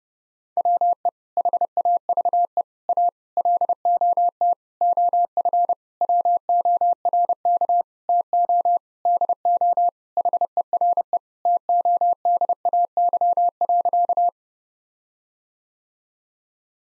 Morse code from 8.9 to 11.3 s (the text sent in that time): DO HERE